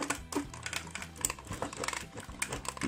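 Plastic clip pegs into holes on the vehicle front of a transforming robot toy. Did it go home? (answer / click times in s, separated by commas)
yes / 1.2 s, 2.4 s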